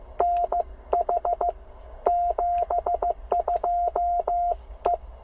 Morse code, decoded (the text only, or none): NH 72E